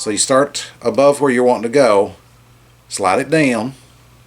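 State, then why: Not seated. A wire shelf corner is handled at a steel shelving post, about to be slid down from above onto a plastic sleeve clip while someone talks. Two bursts of speech fill the clip with a low steady hum between and after them. Nothing has seated or clicked yet.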